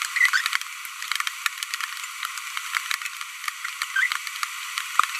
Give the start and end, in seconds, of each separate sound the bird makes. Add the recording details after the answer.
3.96-4.07. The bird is a female. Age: 25 days. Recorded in a nest box in Venezuela. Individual 17B42B1